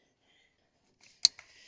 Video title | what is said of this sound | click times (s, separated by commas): Hooking up tractor attachments is HARD! Do this instead! | and it popped in just like that | 1.2 s